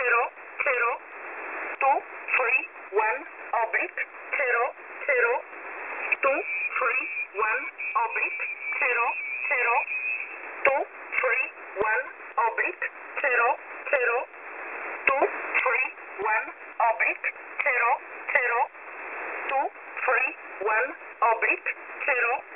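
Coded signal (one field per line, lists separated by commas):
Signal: numbers station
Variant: E11 Oblique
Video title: E11 Oblique 14/02/2023 1605 UTC 5432kHz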